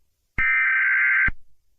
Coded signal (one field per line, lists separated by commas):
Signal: Emergency Alert System (SAME) tones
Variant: header bursts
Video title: Sri Lanka eas alarm 2004 🇱🇰